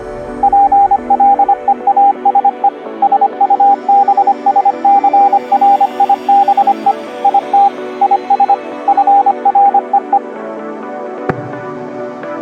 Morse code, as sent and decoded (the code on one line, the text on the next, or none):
.--. .-.. . .- ... . / ... ..- -... ... -.-. .-. .. -... . / .. - / .. ... / ..-. .-. . .
PLEASE SUBSCRIBE IT IS FREE